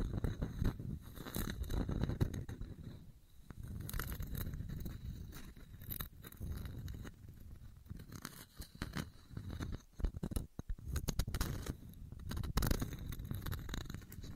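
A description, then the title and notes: Wood burning with a steady low roar underneath and irregular crackles and sharp pops scattered throughout. Louder snaps stand out around the 1.5, 3, 6 and 12.5 second marks, with a quick cluster of pops near 10 to 11 seconds. ASMR Relaxing Wood Burning Sounds for Sleep (No Talking).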